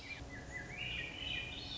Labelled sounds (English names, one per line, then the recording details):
Swainson's Thrush
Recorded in Sonoma County, California